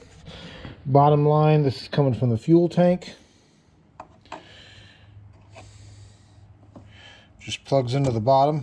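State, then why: Not seated. On a 2012 Hemi 1500 during supercharger install prep, the fuel line quick connector coming from the fuel tank is handled at the bottom of the purge solenoid while someone talks, with a few faint taps around 4.0–4.3 s and 6.8 s. The clip ends before the connector goes home; nothing has seated or clicked yet.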